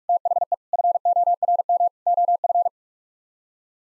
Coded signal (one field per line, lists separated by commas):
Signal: Morse code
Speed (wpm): 44 wpm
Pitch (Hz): 700 Hz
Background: none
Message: THE FORM OF